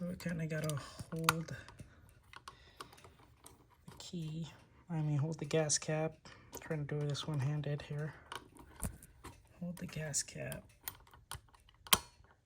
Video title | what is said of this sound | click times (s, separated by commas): Lockable Harley Davidson Fuel Cap | you can hear that initial click and turn it a little | 11.9 s